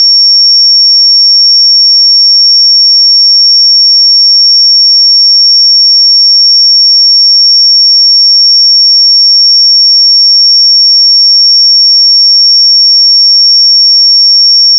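A pure 5501 Hz sine tone holds perfectly steady and unbroken for the whole clip, a single thin, bright pitch with nothing else around it.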